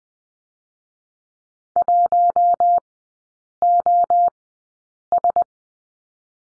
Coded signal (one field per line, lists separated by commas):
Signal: Morse code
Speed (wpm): 21 wpm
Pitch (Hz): 700 Hz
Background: none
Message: 1OS